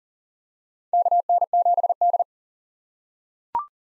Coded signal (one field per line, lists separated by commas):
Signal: Morse code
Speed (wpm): 40 wpm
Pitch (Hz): 700 Hz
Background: none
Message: KN7D